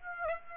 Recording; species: mosquito wingbeat signal from an infrared sensor; Aedes aegypti